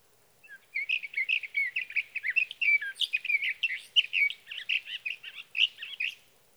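Sage thrasher song pouring out as an unbroken stream of quick, chattering and warbling notes lasting several seconds.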